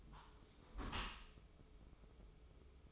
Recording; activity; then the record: daily activity, microphone in the room; close dishwasher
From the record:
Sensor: 1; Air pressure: 995.9 hPa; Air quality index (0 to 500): 64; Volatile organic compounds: 2 ppm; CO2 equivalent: 1291 ppm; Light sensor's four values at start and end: 32/111/43/45 and 32/111/43/45